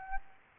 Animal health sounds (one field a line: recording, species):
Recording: mosquito wingbeat signal from an infrared sensor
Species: Aedes aegypti